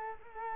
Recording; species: mosquito wingbeat signal from an infrared sensor; Culex quinquefasciatus